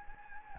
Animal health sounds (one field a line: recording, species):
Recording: mosquito wingbeat signal from an infrared sensor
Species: Anopheles gambiae